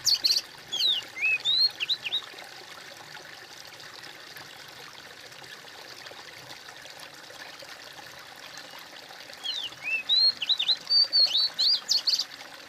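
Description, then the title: Bird song: two bursts of quick high whistled and warbled notes, at the start and near the end, separated by a long stretch of quiet hiss. "kOMPILASI suara bird"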